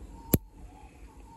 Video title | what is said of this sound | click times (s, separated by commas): N70 HILUX DIY - How to change your complete wiper blade assembly on your Toyota Hilux (2005-2014) | just push it into here click and | 0.3 s